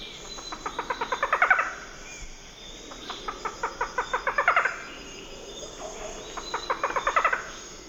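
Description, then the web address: Barred forest falcon song with three bursts of quick pulsed notes, each growing louder before stopping abruptly. Recorded in the eastern lowlands of South America. "Natures Songs S America Eastern Lowlands Micrastur ruficollis, song"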